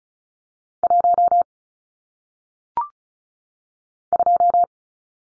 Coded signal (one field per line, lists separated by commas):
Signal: Morse code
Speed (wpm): 36 wpm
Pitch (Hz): 700 Hz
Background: none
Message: 1 2